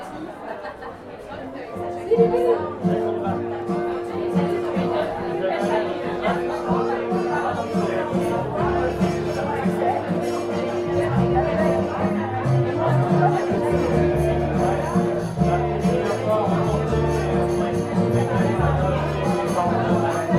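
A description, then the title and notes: Steady, dense hubbub of overlapping conversations in a busy room, with music and clinking sounds drifting underneath, growing fuller after two seconds. Eating And Drinking Amid Conversation Swarms. Warm and indoors, I'm quietly sitting across from my partner as music and conversations flit in and out of my aural periphery. Basking in the familiar sounds of francophone Montreal creates warmth in and of itself.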